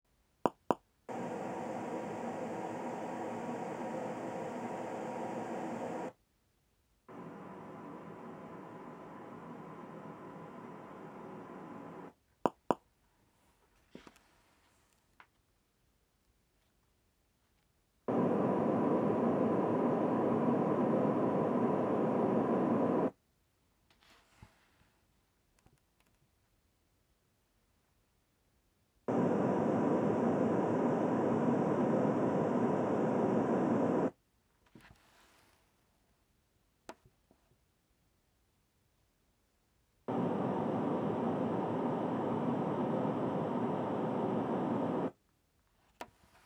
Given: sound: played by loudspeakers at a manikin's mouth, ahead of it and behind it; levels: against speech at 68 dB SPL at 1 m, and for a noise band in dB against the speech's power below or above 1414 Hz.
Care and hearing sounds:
test signals for a remote microphone
0.46 s: click
0.71 s: click
1.08-6.08 s: speech-spectrum noise from ahead
7.08-12.08 s: speech-spectrum noise from behind
12.46 s: click
12.71 s: click
18.08-23.08 s: speech-spectrum noise from the mouth, turned 45 degrees left
29.08-34.08 s: speech-spectrum noise from the mouth, facing ahead
40.08-45.08 s: speech-spectrum noise from the mouth, turned 45 degrees right
From the record:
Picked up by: measurement microphone

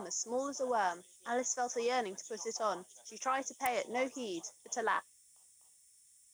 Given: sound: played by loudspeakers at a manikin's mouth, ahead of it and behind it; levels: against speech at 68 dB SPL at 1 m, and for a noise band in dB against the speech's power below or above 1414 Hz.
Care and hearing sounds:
test signals for a remote microphone
0.00-4.99 s: woman speaking, babble ahead at +6 dB SNR for speech at 1 m
From the record:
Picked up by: remote microphone D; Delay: 24 ms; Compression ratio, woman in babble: 1.06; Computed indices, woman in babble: HASPI 0.873, HASQI 0.329 (non-linear 0.380, linear 0.865), ESTOI 0.825

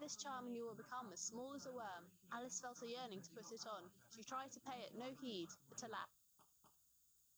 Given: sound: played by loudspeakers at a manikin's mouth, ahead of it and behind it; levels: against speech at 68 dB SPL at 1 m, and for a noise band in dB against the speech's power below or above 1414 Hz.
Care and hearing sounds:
test signals for a remote microphone
0.00-6.05 s: woman speaking, babble ahead at +6 dB SNR for speech at 1 m
6.42 s: click
6.67 s: click
From the record:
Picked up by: remote receiver E, fed by microphone B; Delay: 43 ms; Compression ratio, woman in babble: 1.93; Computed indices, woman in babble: HASPI 0.967, HASQI 0.321 (non-linear 0.358, linear 0.894), ESTOI 0.706

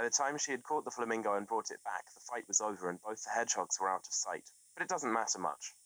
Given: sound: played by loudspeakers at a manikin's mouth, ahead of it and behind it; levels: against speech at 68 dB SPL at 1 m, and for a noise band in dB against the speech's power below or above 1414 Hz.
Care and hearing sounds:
test signals for a remote microphone
0.00-5.86 s: man speaking
From the record:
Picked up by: remote microphone C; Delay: 23 ms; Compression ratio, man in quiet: 1.79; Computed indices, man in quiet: SII 0.993, HASPI 0.992, HASQI 0.254 (non-linear 0.305, linear 0.832), ESTOI 0.734

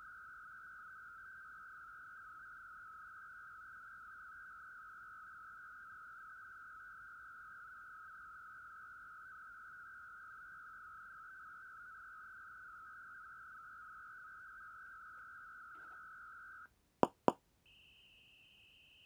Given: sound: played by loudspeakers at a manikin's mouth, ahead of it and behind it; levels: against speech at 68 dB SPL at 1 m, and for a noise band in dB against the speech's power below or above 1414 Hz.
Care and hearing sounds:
test signals for a remote microphone
0.00-16.66 s: noise band at 1414 Hz, as loud as that band is in speech
17.03 s: click
17.28 s: click
17.66-19.06 s: noise band at 2828 Hz, as loud as that band is in speech
From the record:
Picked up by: measurement microphone

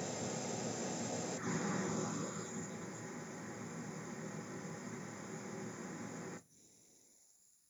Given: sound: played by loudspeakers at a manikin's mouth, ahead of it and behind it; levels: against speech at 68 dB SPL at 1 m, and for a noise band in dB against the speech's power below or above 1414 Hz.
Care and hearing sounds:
test signals for a remote microphone
0.00-1.37 s: speech-spectrum noise from ahead, +10 dB
1.37-6.37 s: speech-spectrum noise from behind, +10 dB
From the record:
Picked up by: remote microphone A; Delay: 47 ms

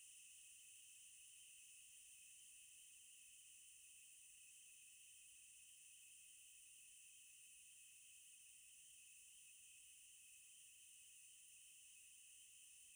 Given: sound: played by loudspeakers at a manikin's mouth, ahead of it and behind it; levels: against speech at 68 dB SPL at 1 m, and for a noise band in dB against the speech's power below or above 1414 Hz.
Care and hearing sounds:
test signals for a remote microphone
0.00-12.96 s: noise band at 2828 Hz, as loud as that band is in speech
From the record:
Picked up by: remote microphone C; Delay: 23 ms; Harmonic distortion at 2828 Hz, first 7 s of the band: under -9 dB (system noise only)

